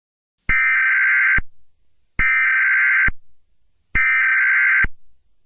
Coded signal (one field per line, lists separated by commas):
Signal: Emergency Alert System (SAME) tones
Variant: header bursts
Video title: EAS Scenario #9: Dinosaur Resurrection